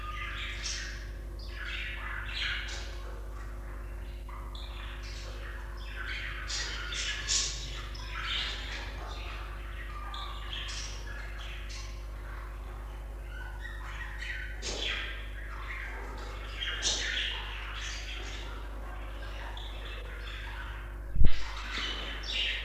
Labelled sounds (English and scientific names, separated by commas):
Budgerigar (Melopsittacus undulatus) call